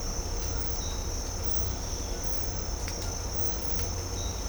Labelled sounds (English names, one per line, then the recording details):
none
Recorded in dense forest near Puerto Asís, Putumayo, Colombia, on 18 December 2024 at 06:00
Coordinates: 0.503, -76.323
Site G043